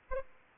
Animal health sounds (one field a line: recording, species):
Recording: mosquito wingbeat signal from an infrared sensor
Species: Aedes aegypti